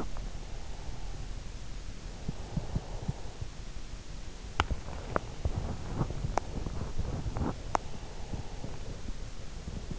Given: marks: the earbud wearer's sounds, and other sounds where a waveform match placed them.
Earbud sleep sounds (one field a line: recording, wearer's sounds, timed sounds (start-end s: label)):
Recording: sounds in sleep by an in-ear microphone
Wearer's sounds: breath, teeth grinding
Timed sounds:
0.00-3.52 s: breath
4.45-7.88 s: teeth grinding
7.88-8.95 s: breath